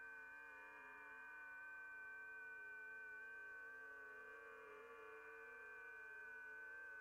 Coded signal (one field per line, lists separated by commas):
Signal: FT8